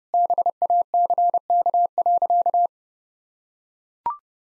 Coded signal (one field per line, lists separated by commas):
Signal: Morse code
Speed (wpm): 30 wpm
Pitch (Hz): 700 Hz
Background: none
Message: BACK.